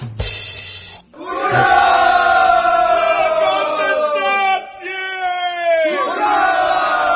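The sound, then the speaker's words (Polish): The host of the show Konserwa yells loudly in long, strained bursts, his raw voice wavering and sliding in pitch, with a brief harsh noise at the very start and short breaks between shouts. “I to, co ciekawe, krzyczy właśnie prowadzący konserwę.”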